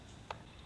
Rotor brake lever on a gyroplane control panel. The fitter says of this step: engage the rotor brake on the gyro lift the lever and locks in place the